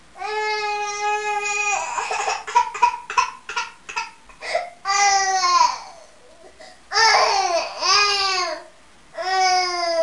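An infant cries in sustained, tuneful wails with a steady high pitch, broken by short choppy sobs and brief breath pauses. Four or five cry bouts fill ten seconds, the later ones falling in pitch at their ends. This is an ordinary infant cry.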